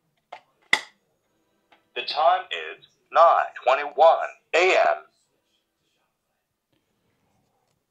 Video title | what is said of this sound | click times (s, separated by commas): Talking Clock for Blind Elderly - Large Talking Button Clock Talking Alarm Clock | the two notches go to the top by the speaker and locked into place | 0.7 s